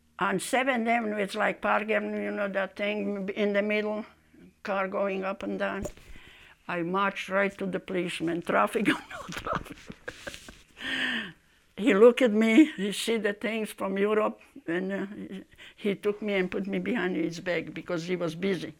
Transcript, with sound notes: On Seventh Avenue, it's like Park Avenue, you know that thing in the middle, car going up and down. I marched right to the policeman. Traffic or not. (laughing) He look at me, he see the things from Europe and he took me and put me behind his back because he was busy.